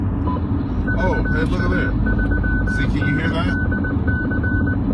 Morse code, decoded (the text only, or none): VA3NDC